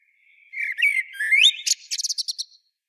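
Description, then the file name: Common blackbird with one phrase: rising and falling whistled notes, then a quick series of high, squeaky clipped twitters fading out. "Turdus merula"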